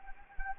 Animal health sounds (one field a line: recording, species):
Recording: mosquito wingbeat signal from an infrared sensor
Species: Anopheles gambiae